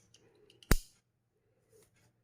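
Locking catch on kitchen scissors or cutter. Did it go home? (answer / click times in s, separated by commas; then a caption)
yes / 0.7 s. A locking catch on a pair of kitchen scissors or a cutting tool is pushed closed, giving a few small clicks around 0.5 s and 0.6 s. A sharp, loud click at 0.7 s follows as the catch locks shut. Faint rustling is heard afterward.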